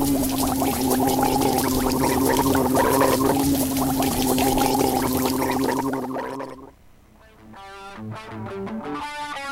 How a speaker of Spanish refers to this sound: Porque cuando uno canta en la ducha, lo canta para uno. No hay producción, no hay nada. Está bien, lo mío no es cantar, pero estoy cantando en la ducha.